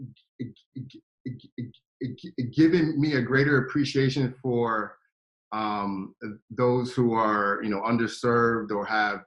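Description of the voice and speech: An adult man with a speech impediment opens with a run of short, evenly repeated voiced bursts before speech gets going. This is followed by a silent block and a drawn-out 'um' with a prolonged 'm'. These repetitions, prolongations and blocks are typical of stuttering.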